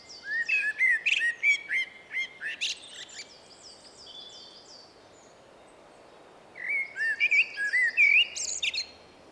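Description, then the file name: Common blackbird song: low fluted whistled phrases ending in high squeaky twitters, two bursts separated by a pause, with faint thin high notes in between. "Turdus merula"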